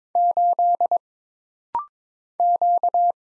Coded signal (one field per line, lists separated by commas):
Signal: Morse code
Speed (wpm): 22 wpm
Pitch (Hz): 700 Hz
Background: none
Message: 8 Q